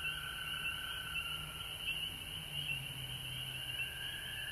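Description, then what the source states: Frog chorus of pulsed trills, slightly rising and falling in loudness, with a low humming tone and constant background hiss. Recorded at home in Georgia on March 19, 2020.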